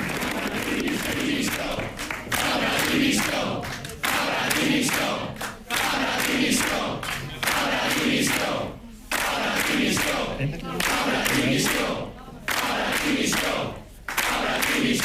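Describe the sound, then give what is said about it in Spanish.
A large crowd chants "Fabra dimisión" over and over at the closing of the Spanish regional TV channel Canal Nou on 29 November 2013, in a steady rhythmic cadence, loud and insistent, each repetition separated by brief dips in volume. “Con gritos de Fabra dimisión, Fabra dimisión, se despediría en los últimos minutos al cierre de una de las primeras cadenas autonómicas de España.”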